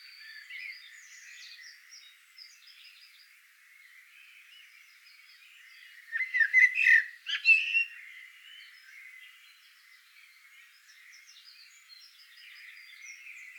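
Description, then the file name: Eurasian blackbird singing a loud warbled phrase midway through, with quieter twittering song continuing faintly before and after. "solsort volker arnold"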